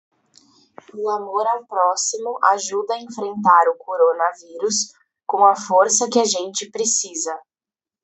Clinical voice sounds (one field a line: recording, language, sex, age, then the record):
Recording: spoken sentence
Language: Brazilian Portuguese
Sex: female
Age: 20 to 29 years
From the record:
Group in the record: control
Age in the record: 27 years